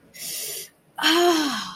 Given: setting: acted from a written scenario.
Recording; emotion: vocal sound without words; pain